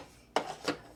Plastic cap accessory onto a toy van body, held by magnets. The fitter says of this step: But that just pops into place just like that.